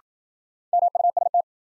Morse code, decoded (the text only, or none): MUST